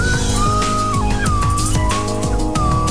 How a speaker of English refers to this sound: That's what they call a slide whistle.